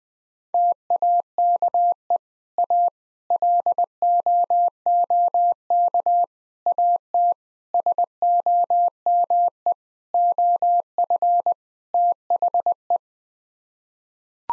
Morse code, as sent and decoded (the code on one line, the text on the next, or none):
- .- -.- . / .- / .-.. --- --- -.- / .- - / ... --- -- . / --- ..-. / - .... .
TAKE A LOOK AT SOME OF THE